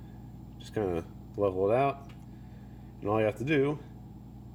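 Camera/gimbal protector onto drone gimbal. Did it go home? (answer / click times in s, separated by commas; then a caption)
no / none. Someone talks while handling a plastic sensor and camera protector at the leveled gimbal of a DJI Spark drone, ready to press it on; this protector does not click in as hard as other accessories, so its click is soft. A low steady hum sits under the speech. Nothing has seated or clicked yet.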